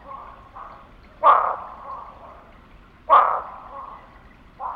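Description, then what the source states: Barking frog giving loud, abrupt single barks about two seconds apart, each trailing into a ringing tail, with softer barks before and after them. Texas.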